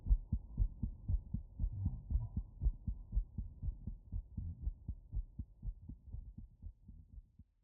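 Heartbeat of an adult hospice patient.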